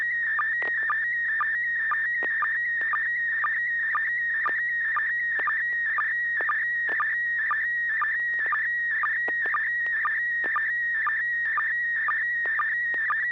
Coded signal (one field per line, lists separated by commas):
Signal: SSTV (slow-scan television)